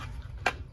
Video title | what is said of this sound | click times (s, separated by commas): Nooie video doorbell video review, install and demo | mount that guy on there and this just clicks right in there | 0.5 s